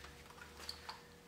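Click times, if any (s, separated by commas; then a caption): 0.7 s. The folding stock of a plastic and metal JG G36c (G608) airsoft rifle is pushed back onto its mount on the receiver, giving a sharp click at 0.7 s and a softer click right after at 0.9 s. The stock snaps into place and is seated firmly.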